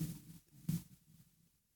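A low, gurgling rumble under two seconds long, with a louder surge near the middle before it fades out. Stomach growling (borborygmi) from an adult man who is hungry: normal gut movement of gas and fluid.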